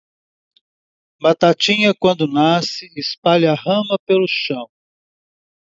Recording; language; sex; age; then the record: short text; Brazilian Portuguese; male; 60 to 69 years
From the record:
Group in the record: control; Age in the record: 67 years